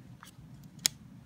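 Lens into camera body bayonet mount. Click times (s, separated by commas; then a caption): 0.9 s. A lens is twisted back onto the bayonet mount of a Canon Rebel XS DSLR body, with faint, soft handling sounds around 0.2–0.3 s. A single sharp, short click at 0.9 s marks the lens locking in place, fully seated on the mount.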